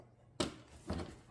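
On a 2017 Jeep Cherokee, a plastic engine cover is lined up at the back end and pressed down so its four rubber mounting pads pop onto the engine studs. A sharp pop at 0.4 s is followed by a second, softer thud near 0.9 s. The cover pads are seated in place.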